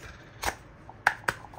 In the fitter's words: that is sturdy it's on there we have the new o-ring it's going to pop the filter on Bam Bam